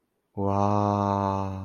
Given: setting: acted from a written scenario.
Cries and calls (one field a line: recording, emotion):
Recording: vocal sound without words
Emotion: awe